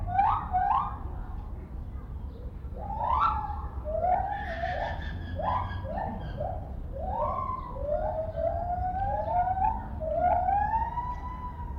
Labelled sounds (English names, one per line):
Lar Gibbon call